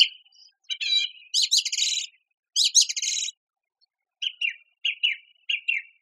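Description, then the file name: Song thrush song, a bright varied phrase of rattling notes and buzzy chords, then a short clipped note repeated a few times; no other sounds. "suara-kicauan-burung-song-thrush -omkicau"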